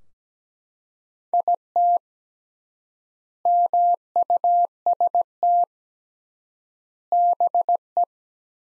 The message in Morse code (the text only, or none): IT MUST BE